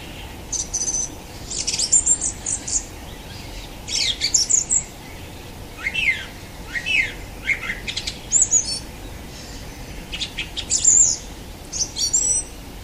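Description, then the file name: Song thrush singing in bursts of bright, high whistles and rapid chirps, each phrase separated by a short pause, against faint steady background noise. "Golosa ptic - Pevchij drozd"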